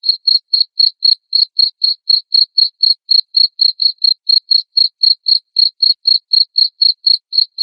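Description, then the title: Cricket chirping nonstop, loud short high-pitched bursts repeated regularly about four times a second. Loud chirping cricket sound used to stimulate lovebirds into singing continuously. "Suara JANGKRIK NGERIK Keras Bikin LOVEBIRD Jadi NGEKEK Terus"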